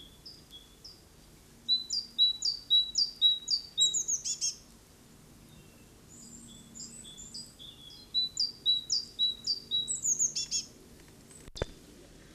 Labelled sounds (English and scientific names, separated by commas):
Great Tit (Parus major) song